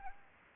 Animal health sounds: mosquito wingbeat signal from an infrared sensor; Anopheles arabiensis

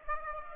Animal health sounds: mosquito wingbeat signal from an infrared sensor; Aedes aegypti

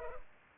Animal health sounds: mosquito wingbeat signal from an infrared sensor; Culex pipiens

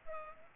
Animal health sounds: mosquito wingbeat signal from an infrared sensor; Culex pipiens

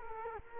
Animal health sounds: mosquito wingbeat signal from an infrared sensor; Culex quinquefasciatus

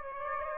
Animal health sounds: mosquito wingbeat signal from an infrared sensor; Aedes aegypti

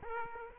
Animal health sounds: mosquito wingbeat signal from an infrared sensor; Aedes aegypti

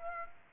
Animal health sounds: mosquito wingbeat signal from an infrared sensor; Aedes aegypti

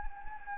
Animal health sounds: mosquito wingbeat signal from an infrared sensor; Anopheles gambiae

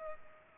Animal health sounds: mosquito wingbeat signal from an infrared sensor; Culex pipiens

